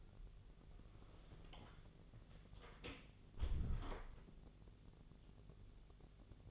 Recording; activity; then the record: daily activity, microphone in the room; close door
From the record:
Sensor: 4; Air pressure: 1001.2 hPa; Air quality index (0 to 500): 184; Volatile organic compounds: 2 ppm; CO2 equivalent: 1315 ppm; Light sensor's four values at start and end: 15/33/14/14 and 17/39/16/16